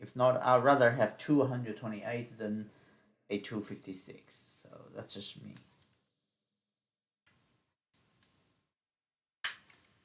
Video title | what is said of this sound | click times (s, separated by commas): PreS02 Unboxing the new setup Canon R8 and lenses | it clicked in and ready to go | 9.5 s